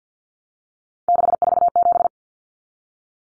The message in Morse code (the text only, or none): 647